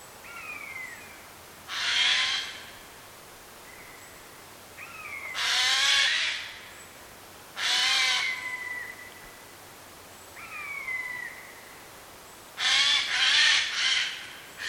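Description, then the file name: Eurasian jay harsh screeches, four rasping bursts a few seconds apart, the last a quick triple, between clear descending whistled notes. "Garrulus glandarius"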